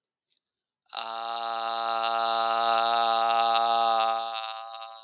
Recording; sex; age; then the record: vowel held as long as possible; male; 20 to 29 years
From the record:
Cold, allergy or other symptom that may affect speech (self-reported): no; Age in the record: 28 years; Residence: New York, United States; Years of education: 16